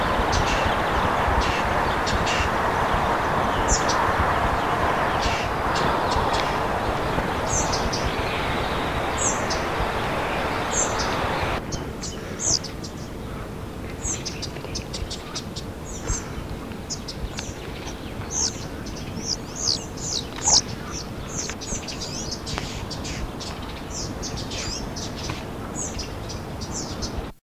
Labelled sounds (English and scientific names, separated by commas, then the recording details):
Spotted Flycatcher (Muscicapa striata) alarm call, European Greenfinch (Chloris chloris), Common Blackbird (Turdus merula)
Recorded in the wild
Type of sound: alarm call
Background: Chloris chloris, Turdus merula
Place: Berneburg (Sontra), Hessen, DE
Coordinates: 51.06, 9.88
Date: 1975-07-06
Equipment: Halbspur, 9,5 cm/s
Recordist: Lütgens, Hans
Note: Alte warnen, fast flügges Junges in der Hand